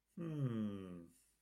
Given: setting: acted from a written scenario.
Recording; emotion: vocal sound without words; contentment